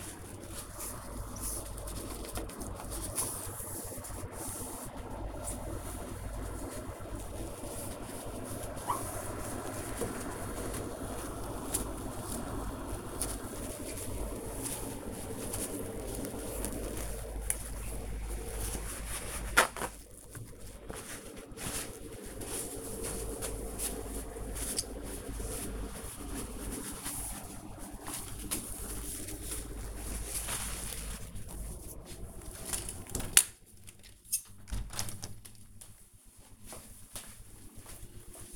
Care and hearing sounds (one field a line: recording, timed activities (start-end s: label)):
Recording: household activities, microphone on the right wrist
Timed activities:
0.00-30.68 s: window cleaning